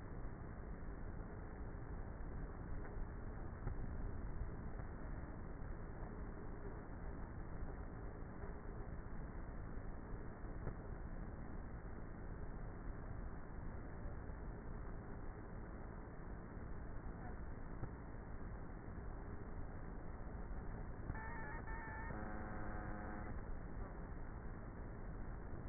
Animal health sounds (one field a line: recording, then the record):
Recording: honeybee colony, microphone inside the hive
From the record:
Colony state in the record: queenless with a low population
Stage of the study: before two queens were removed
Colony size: about 30,000 bees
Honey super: no